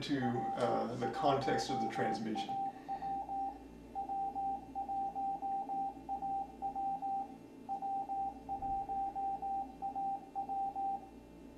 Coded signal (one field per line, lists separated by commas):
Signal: Morse code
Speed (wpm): 18 wpm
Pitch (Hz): 790 Hz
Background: speech, radio noise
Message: W1AW W1AW W1AW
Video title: Van Pelt - the C128 and Ham Radio - CLASS 2023